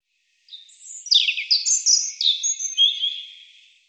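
European robin song: one sweet, high warbling phrase of quick tumbling notes and thin whistles lasting about three seconds, fading at the end, with no other sounds.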